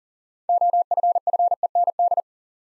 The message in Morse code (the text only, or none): OFFEND